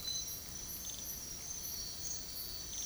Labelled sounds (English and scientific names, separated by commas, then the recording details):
none
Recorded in dense forest near Puerto Asís, Putumayo, Colombia, on 22 June 2025 at 04:30
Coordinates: 0.503, -76.323
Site G059